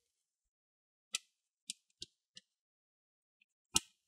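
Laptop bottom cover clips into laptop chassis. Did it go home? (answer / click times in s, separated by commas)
yes / 1.1 s, 1.7 s, 2.0 s, 2.4 s, 3.4 s, 3.8 s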